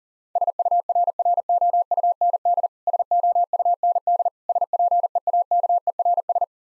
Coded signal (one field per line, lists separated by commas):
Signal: Morse code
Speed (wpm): 40 wpm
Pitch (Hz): 700 Hz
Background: none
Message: SURROUND SOUND SPEAKERS